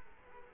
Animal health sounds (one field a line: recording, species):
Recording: mosquito wingbeat signal from an infrared sensor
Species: Culex quinquefasciatus